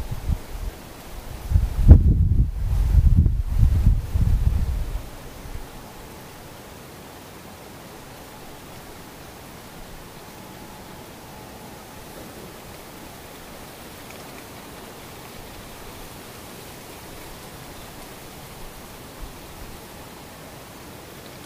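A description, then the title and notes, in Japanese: Near silence for most of the recording. The first five seconds carry low rumbling, rustling bursts broken by two brief dropouts, then everything falls away to a faint, steady hiss, with a thin, quiet tone lingering in the middle range. ほぼ無音。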